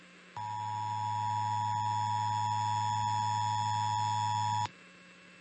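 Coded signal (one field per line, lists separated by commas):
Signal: Emergency Alert System (SAME) tones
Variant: 853 and 960 Hz attention tone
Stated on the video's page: IPAWS required weekly tests.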